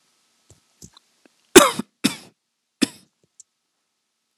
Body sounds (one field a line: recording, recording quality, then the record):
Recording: heavy voluntary cough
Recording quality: excellent, no background noise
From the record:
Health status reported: healthy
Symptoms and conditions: none ticked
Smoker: not ticked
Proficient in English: yes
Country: India